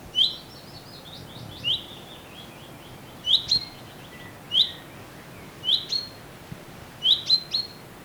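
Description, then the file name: Common chaffinch calls, sharp bright notes repeated roughly once a second in small clusters over a steady background hiss, with softer bird twitters behind. "Fringilla coelebs"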